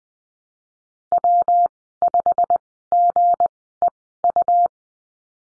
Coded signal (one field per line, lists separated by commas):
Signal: Morse code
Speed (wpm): 20 wpm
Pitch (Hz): 700 Hz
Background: none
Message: W 5 G E U